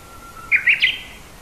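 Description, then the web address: Japanese bush warbler song: a thin, level whistle running into a rapid three-note flourish that leaps higher, against a faint background hiss. "hashiwa bird uguisu"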